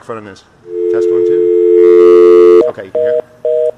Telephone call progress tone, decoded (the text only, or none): dial tone